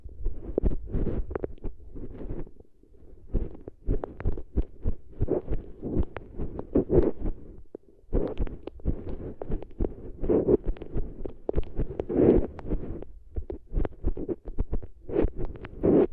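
Eardrum treatment sounds as dense, muffled thumping and rubbing, low and murky, pulsing rapidly and unevenly throughout with a brief lull near eight seconds.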